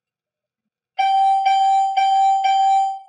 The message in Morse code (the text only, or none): none